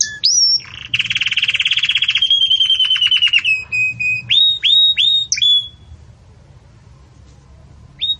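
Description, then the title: Belgian canary song with a buzzy rattling trill and a few bright upslurred whistles, then near silence with one last note. Belgian canary song in the campainha (bell) style, used for training young chicks to sing. "Canto Do Canário Belga Campainha Para Encarte De Filhotes"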